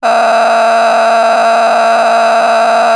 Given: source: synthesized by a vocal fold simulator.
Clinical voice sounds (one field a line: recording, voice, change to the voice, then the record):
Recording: sustained vowel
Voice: female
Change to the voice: a random mix of aspiration noise, stiffness perturbation and strain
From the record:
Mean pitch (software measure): 228 Hz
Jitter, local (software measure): 4.09%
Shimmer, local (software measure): 9.9%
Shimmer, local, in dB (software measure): 1.10 dB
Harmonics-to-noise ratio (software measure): 8.0 dB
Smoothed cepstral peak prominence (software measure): 9.6 dB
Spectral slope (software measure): -16.8 dB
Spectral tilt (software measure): -9.3 dB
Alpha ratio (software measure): -7.3 dB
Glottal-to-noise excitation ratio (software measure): 0.899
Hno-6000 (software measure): 1.7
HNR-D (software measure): 29.2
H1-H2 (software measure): -2.0 dB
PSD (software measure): 3.2e-04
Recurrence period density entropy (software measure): 0.127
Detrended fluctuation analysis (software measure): 0.0105